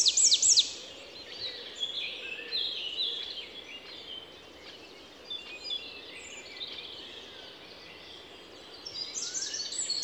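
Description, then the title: Eurasian wren song, a burst of sharp, very high metallic notes at the start, then faint scattered twittering and a brief high trill returning at the end. Recorded at Les Avenières Veyrins-Thuellin, Rhône area, France, 2021-22, with a stereo parabolic microphone and Zoom H4n Pro recorder. "Envirhôna, Les Avenières Veyrins-Thuellin, France - Troglodyte mignon"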